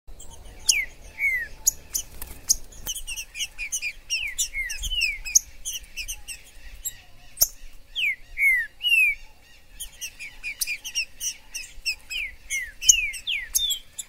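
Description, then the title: Green-winged saltator singing loud downslurred whistled phrases in quick series, joined by sharp high chirps and squeaky notes from other birds, with a faint low hum early on. Recorded in the forest; used to stimulate a pet bird into singing and competitive male calling. "Trinca ferro MAJOR no MATO"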